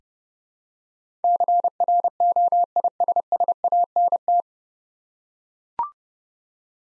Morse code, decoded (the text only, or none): CROISSANT